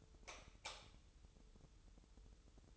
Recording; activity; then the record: daily activity, microphone in the room; light off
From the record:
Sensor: 3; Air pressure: 988.3 hPa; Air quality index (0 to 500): 189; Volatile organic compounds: 249 ppm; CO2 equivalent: 4357 ppm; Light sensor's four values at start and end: 11/29/12/12 and 8/20/8/8